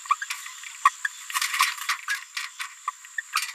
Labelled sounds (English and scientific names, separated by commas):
Green-rumped Parrotlet (Forpus passerinus) babbling